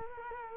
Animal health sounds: mosquito wingbeat signal from an infrared sensor; Culex quinquefasciatus

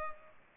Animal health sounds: mosquito wingbeat signal from an infrared sensor; Culex pipiens

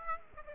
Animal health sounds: mosquito wingbeat signal from an infrared sensor; Aedes aegypti

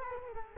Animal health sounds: mosquito wingbeat signal from an infrared sensor; Culex quinquefasciatus

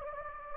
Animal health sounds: mosquito wingbeat signal from an infrared sensor; Anopheles gambiae

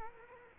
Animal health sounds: mosquito wingbeat signal from an infrared sensor; Culex quinquefasciatus

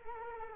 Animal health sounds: mosquito wingbeat signal from an infrared sensor; Culex quinquefasciatus

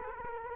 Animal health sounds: mosquito wingbeat signal from an infrared sensor; Culex quinquefasciatus

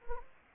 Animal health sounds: mosquito wingbeat signal from an infrared sensor; Anopheles gambiae

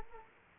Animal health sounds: mosquito wingbeat signal from an infrared sensor; Culex quinquefasciatus

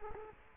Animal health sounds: mosquito wingbeat signal from an infrared sensor; Culex quinquefasciatus

